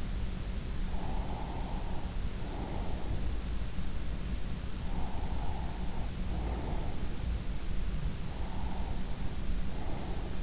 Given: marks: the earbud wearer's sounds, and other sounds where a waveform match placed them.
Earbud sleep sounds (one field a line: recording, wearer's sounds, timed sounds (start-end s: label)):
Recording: sounds in sleep by an in-ear microphone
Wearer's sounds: breath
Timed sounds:
0.90-3.23 s: breath
4.85-7.03 s: breath
8.18-10.43 s: breath